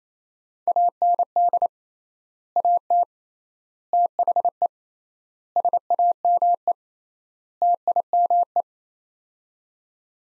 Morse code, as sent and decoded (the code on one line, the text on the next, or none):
.- -. -.. / .- - / - .... . / ... .- -- . / - .. -- .
AND AT THE SAME TIME